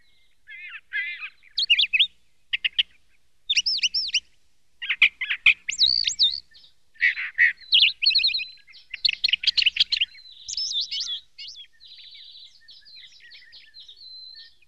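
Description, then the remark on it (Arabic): A small bird named Azzouz chirps on a tree branch in rapid bursts of high, bright notes, with short trills and sweeping tweets separated by brief pauses, ending in a softer run of faint twitters. “نعم، أفتح النافذة كل صباح لأنظر عليه وهو يغرد فوق الغصن، يقول لي كلاما كثيرا وأسجل على الورق بعض ما يقول.”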